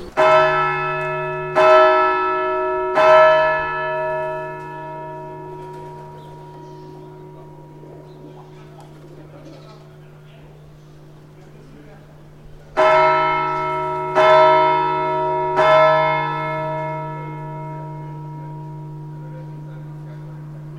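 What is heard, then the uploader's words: Church bells ring in two groups of three strokes, one near the start and another around 13 seconds, each strike sharp and then humming away slowly. The tone is deep with a bright shimmer above, and faint background murmur fills the quiet gap. The bells of the Notre-Dame-de-l'Assomption in Sérignac-sur-Garonne. Recorded with Sony PCM D50.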